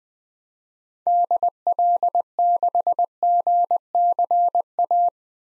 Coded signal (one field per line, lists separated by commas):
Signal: Morse code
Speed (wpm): 20 wpm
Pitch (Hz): 700 Hz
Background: none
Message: DL6GCA